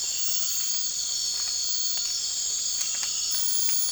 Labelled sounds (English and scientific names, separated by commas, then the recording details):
none
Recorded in dense forest near Puerto Asís, Putumayo, Colombia, on 12 March 2025 at 02:30
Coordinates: 0.484, -76.317
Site G064